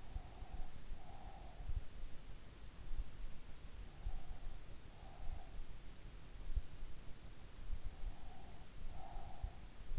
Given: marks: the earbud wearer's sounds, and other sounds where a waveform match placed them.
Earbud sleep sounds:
sounds in sleep by an in-ear microphone; breath
0.00-2.17 s: breath
7.87-9.97 s: breath

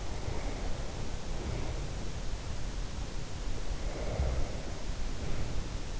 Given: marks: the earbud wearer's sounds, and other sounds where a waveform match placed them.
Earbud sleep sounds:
sounds in sleep by an in-ear microphone; breath
0.07-2.12 s: breath
3.64-6.00 s: breath

